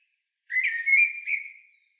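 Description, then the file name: Eurasian blackbird giving a single fluty whistled note, steady and slightly wavering, about a second long, then silence. "Turdus merula"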